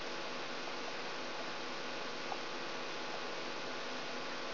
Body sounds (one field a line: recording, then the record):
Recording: brain microelectrode recording played as sound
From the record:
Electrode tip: outside the subthalamic nucleus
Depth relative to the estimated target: -8 mm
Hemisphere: left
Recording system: AlphaMap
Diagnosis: Parkinson's disease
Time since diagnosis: 10 years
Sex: male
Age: 47 years